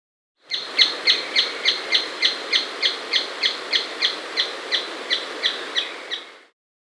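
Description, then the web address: Striped treehunter giving a long, even series of about nineteen harsh, slightly fading notes, roughly three per second, in otherwise quiet surroundings. Andean bird, recorded in the Andes of South America. "Natures Songs S America Andean Birds. Striped Treehunter (Thripadectes Holostictus)"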